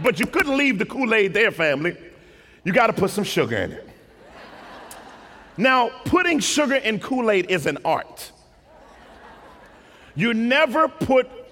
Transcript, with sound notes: But you can't leave the Kool-Aid there, family. You've gotta put some sugar in it! [laughter] Now, putting sugar in Kool-Aid is an art! You never put